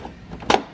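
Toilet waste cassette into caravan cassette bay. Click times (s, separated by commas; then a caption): 0.5 s. A plastic caravan toilet waste cassette, which has a breather, is slid in at a slight angle and pushed into its housing in the caravan cassette bay. A faint knock and some low sliding noise lead to a sharp, bright click at 0.5 s. The cassette clicks home and is confirmed seated.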